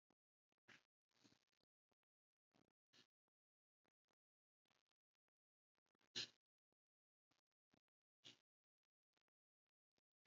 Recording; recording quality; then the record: shallow breathing; excellent, no background noise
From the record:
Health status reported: respiratory illness, not identified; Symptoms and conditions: asthma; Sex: male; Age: 26 years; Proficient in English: yes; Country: United States